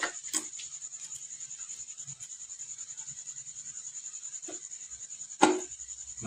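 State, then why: Seated. A locking clip on a scooter engine part is pushed during an engine rebuild until it drops into its groove by itself. A few small ticks come before a sharp click at 5.4 seconds, when the clip snaps into place. A steady high-pitched tone runs underneath, and the clip is seated.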